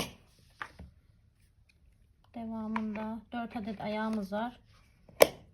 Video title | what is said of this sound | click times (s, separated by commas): KUMTEL AYAKLI VANTİLATÖR KUTU AÇILIMI VE TANITIM VİDEOSU- Electrıc Fan 16” KTF-290 | Tık etti. Duydunuz. | 5.2 s